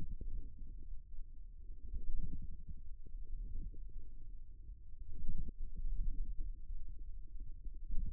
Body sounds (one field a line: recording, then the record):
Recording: forearm muscle sounds (acoustic myography)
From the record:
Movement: wrist flexion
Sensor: system 1, eight BSWA MPA416 microphones around the upper forearm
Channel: 8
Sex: male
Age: 54 years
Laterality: right